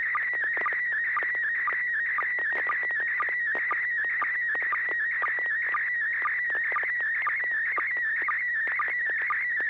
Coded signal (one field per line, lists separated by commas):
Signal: SSTV (slow-scan television)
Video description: River City ARCS SSTV Net 9 pm Wednesdays Pacific Time on N6NA FM repeater 441.30 MHz, Sacramento, CA